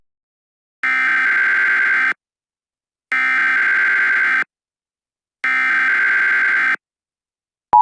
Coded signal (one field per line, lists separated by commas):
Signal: Emergency Alert System (SAME) tones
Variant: header bursts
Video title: [EAS Scenario 2] Escondido Explosion